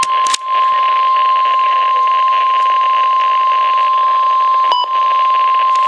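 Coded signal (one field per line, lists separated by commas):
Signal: Emergency Alert System (SAME) tones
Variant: 1050 Hz attention tone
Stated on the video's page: National Weather Service alert received on Midland WR-100 and Eton ZoneGuard weather radios.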